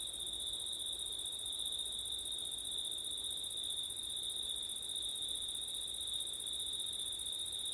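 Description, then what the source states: Crickets singing in a steady, continuous high trill with a second shrill band above it, unbroken throughout, over soft low wind rumble. Crickets at night in September, with wind.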